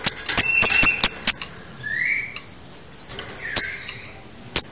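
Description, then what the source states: Lovebird calls: a rapid string of sharp high chirps, then a short whistled note and a few more scattered chirps. Training recording (masteran) of lovebird konslet chatter, used to teach lovebirds to chatter.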